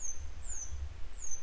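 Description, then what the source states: Grey wagtail calls: three thin, high notes sliding slightly downward, over a continuous low rumble. A pair of grey wagtails still searching for their young today; follow-up report.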